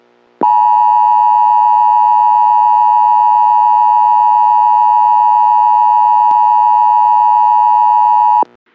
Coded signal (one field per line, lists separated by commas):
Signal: Emergency Alert System (SAME) tones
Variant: 853 and 960 Hz attention tone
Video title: EAS Scenario #9 - World War III (Part 2)